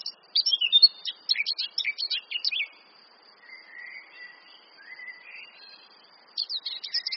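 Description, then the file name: Eurasian blackcap song, bursts of quick sharp chattering notes, a quiet soft warbling interlude, then another brisk chatter. "Sylvia atricapilla"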